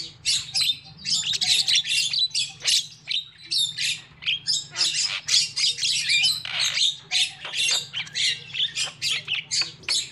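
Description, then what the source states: Lovebird squawks and shrill twitters in quick, busy pulses, with a faint low hum underneath. Lure call used for trapping birds.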